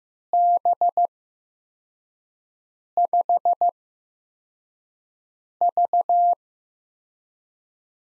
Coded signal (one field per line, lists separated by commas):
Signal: Morse code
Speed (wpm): 15 wpm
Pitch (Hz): 700 Hz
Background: none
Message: B5V